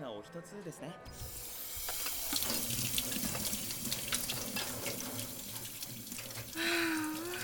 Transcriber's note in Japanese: 水音